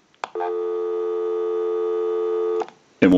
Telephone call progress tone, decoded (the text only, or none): dial tone